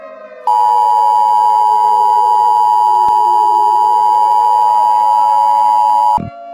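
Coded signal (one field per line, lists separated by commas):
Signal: Emergency Alert System (SAME) tones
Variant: 853 and 960 Hz attention tone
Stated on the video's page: Fictional Emergency Alert System scenario for a hail storm and tornado in New York City.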